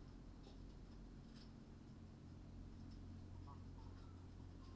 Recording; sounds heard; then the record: poultry house recording; healthy chickens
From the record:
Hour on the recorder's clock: 21